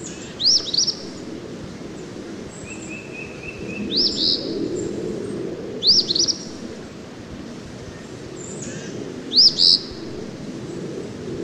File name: Eastern Phoebe